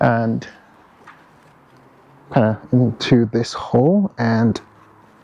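A plastic retaining clip is handled at the mounting hole where the bumper meets the wing of a Citroën DS5, the kind of clip that locks into place and shrinks to secure the part. Someone talks over faint handling noise in a quiet space. Nothing has seated or clicked yet.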